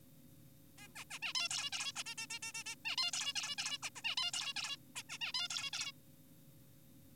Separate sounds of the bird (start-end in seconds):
0.78-0.88, 0.96-1.04, 1.11-1.19, 1.22-1.33, 1.35-1.48, 1.51-1.70, 1.72-1.92, 1.96-2.04, 2.06-2.15, 2.18-2.26, 2.30-2.39, 2.43-2.52, 2.54-2.64, 2.66-2.75, 2.85-2.96, 2.98-3.11, 3.13-3.33, 3.36-3.56, 3.58-3.78, 3.83-3.90, 3.96-4.02, 4.04-4.15, 4.18-4.32, 4.34-4.54, 4.56-4.76, 4.96-5.03, 5.10-5.18, 5.21-5.32, 5.34-5.48, 5.50-5.70, 5.73-5.92